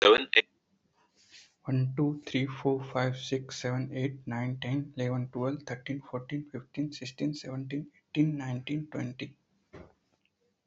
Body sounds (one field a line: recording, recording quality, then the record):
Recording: counting at a fast pace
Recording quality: excellent, no background noise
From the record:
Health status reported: healthy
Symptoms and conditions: none ticked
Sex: male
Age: 22 years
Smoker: not ticked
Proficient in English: no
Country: India